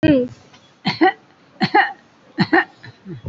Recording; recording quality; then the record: shallow voluntary cough; excellent, no background noise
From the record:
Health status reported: COVID-19 positive, mild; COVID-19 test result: positive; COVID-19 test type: RT-PCR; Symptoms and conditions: cough, fatigue, hypertension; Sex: female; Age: 75 years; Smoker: no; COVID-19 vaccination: one dose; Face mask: worn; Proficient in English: no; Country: India